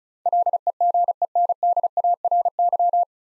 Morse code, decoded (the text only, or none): LEGENDARY